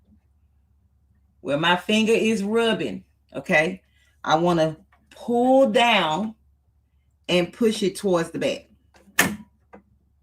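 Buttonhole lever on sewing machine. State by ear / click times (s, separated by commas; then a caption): seated / 9.2 s. Someone talks while pulling the buttonhole lever on a sewing machine down and pushing it toward the back. A sharp click is heard at 9.2 seconds as the lever clicks into place.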